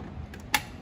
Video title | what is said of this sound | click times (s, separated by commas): Lenovo T2224d Monitor assembly. | pop it back in down below you have your power you also have | 0.5 s